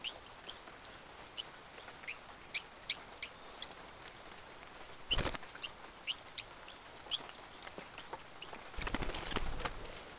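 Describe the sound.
Bird calls, rapid high downslurred notes, a pause with a faint steady tone, a dull thump, then more notes before rustling noise at the end.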